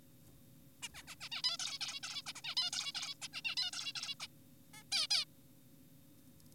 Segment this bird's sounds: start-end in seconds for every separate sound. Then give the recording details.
0.82-0.88, 0.94-1.03, 1.08-1.16, 1.21-1.29, 1.32-1.42, 1.44-1.57, 1.60-1.79, 1.81-2.00, 2.03-2.22, 2.26-2.33, 2.36-2.42, 2.44-2.55, 2.57-2.70, 2.73-2.92, 2.95-3.14, 3.22-3.28, 3.33-3.42, 3.45-3.56, 3.57-3.71, 3.73-3.92, 3.96-4.14, 4.20-4.27, 4.74-4.83, 4.92-5.07, 5.11-5.25. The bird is an adult. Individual g4p5U